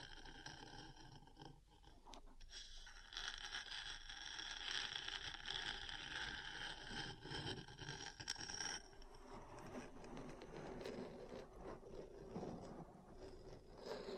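Metal parts scratching and tapping, with a dense, bright grating scrape that runs from about 3 to 9 seconds. Before and after, quieter scraping and scattered taps continue, and the last few seconds turn lower and rougher with irregular knocks.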